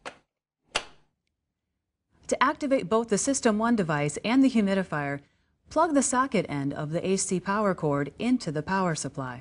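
The water tank is slid back into a Respironics System One CPAP humidifier and its plastic door is closed over it, making one sharp click at 0.8 s as the door shuts and seats. After a pause, someone talks.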